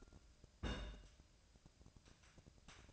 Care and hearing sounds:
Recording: daily activity, microphone in the room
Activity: place on stove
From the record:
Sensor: 2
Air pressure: 999.9 hPa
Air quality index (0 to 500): 124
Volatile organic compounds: 2 ppm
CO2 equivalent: 1067 ppm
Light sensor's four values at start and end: 36/87/38/43 and 36/87/38/43

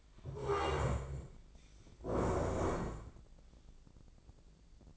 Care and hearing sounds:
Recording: daily activity, microphone in the room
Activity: stand up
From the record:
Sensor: 5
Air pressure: 1012.4 hPa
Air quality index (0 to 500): 145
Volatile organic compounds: 2 ppm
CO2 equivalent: 1000 ppm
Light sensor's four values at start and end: 283/678/289/320 and 282/676/289/320

